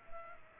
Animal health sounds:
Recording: mosquito wingbeat signal from an infrared sensor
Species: Culex pipiens

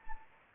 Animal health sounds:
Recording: mosquito wingbeat signal from an infrared sensor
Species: Anopheles arabiensis

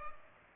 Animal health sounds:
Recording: mosquito wingbeat signal from an infrared sensor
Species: Culex pipiens

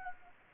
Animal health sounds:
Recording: mosquito wingbeat signal from an infrared sensor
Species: Anopheles gambiae

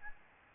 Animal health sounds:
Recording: mosquito wingbeat signal from an infrared sensor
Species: Aedes albopictus

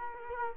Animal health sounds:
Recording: mosquito wingbeat signal from an infrared sensor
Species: Culex quinquefasciatus

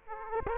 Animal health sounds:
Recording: mosquito wingbeat signal from an infrared sensor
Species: Aedes aegypti

